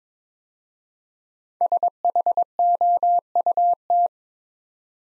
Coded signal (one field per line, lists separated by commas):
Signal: Morse code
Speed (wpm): 22 wpm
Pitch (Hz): 700 Hz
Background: none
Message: SHOUT